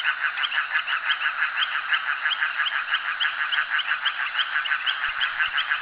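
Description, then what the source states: Frog chorus of clipped honking croaks, evenly repeated around three times per second, with a few soft low thumps near the end. Frogs calling at a jetty.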